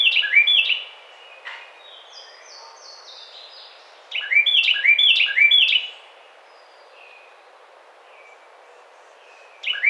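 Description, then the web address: Carolina wren singing rich repeated slurred phrases in bursts at the start, from about four seconds and again at the very end. Recorded 25 May 2009. "Carolina Wren 2009 05 25"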